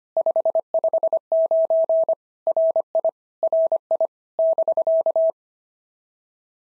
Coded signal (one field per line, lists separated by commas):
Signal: Morse code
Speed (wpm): 24 wpm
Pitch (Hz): 650 Hz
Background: none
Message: 559 RI RI <BK>